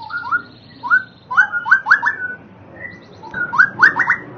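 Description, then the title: Oriental magpie-robin giving short whistled phrases of rising slurred notes, grouped in quick clusters with brief gaps. "Kicau Kacer"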